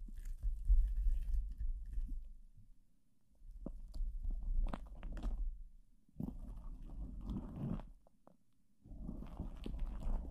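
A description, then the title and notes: Plastic wrap rubbing against a microphone makes a low, crackling rumble that comes in bursts, with short quiet gaps near 3 and 8.5 seconds. Sharp crinkles and tearing snaps pop out at intervals, loudest around 5 and 7 seconds. PLASTIC WRAP ON THE MIC (EXTRA TINGLY).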